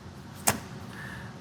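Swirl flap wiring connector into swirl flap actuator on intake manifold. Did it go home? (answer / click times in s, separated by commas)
yes / 0.5 s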